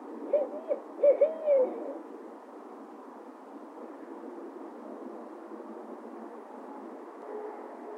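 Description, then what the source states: Owl hooting, a quick burst of about five short, wavering hoots early on, followed by steady background hiss. Recording described as noisy.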